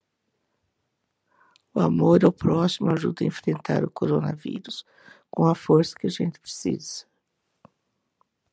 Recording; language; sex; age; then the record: spoken sentence; Brazilian Portuguese; female; 70 to 79 years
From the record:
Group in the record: control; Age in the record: 77 years